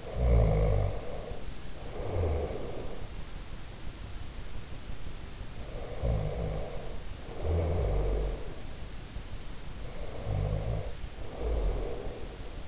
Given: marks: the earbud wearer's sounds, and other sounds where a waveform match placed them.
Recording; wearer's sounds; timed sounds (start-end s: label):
sounds in sleep by an in-ear microphone; snoring breath
0.00-3.25 s: snoring breath
5.60-8.74 s: snoring breath
9.88-12.68 s: snoring breath